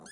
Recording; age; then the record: pig call; piglet (1 to 25 days)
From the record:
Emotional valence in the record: negative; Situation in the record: long isolation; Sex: female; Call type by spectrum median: high-frequency call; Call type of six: mixed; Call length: 0.12 s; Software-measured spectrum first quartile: 774 Hz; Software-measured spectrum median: 3160 Hz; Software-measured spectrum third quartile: 7454 Hz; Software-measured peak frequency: 209 Hz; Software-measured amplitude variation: 81 dB a second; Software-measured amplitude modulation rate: 17.4 a second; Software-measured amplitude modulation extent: 4.6 dB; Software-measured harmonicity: 3.4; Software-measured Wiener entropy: -3.83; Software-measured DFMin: 1337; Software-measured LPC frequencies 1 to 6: 644, 1672, 3289, 4334, 5051, 6384 Hz